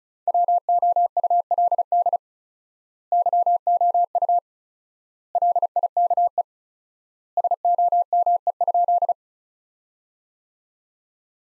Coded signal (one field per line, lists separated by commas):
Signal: Morse code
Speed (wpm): 36 wpm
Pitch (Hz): 700 Hz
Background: none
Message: WOULD YOU LIKE SOME?